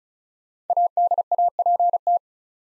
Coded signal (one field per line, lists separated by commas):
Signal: Morse code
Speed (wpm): 36 wpm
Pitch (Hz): 700 Hz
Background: none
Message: ADAPT